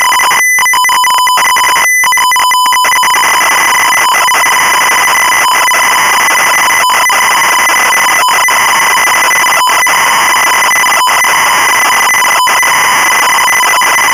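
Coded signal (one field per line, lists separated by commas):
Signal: ZX Spectrum tape loading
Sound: harsh buzzing warble rapidly switching between two pitches, with brief steady higher tone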